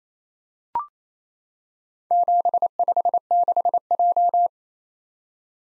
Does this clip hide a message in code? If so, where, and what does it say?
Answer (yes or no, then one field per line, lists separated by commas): yes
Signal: Morse code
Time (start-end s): 2.1-4.5 s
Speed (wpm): 27 wpm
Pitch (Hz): 700 Hz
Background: none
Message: 756J